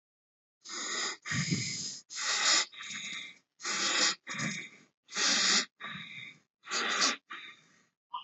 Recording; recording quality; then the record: shallow breathing; excellent, no background noise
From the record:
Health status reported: healthy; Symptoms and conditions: diabetes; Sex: male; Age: 40 years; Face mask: not worn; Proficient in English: yes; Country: India